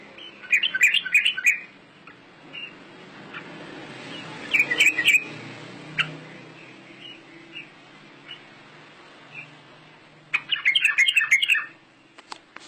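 Small bird chirping in short bright bursts of rapid high notes, with quiet gaps between bursts and a soft low hum underneath.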